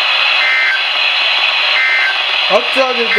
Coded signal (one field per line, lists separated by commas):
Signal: Emergency Alert System (SAME) tones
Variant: end-of-message bursts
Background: speech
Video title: THE TORNADOES IS COMPLETELY OF NIGHT OF FLUUDZ... EAS Alerts From 4/27/24 - 4/28/24 (EAS#959 - #981)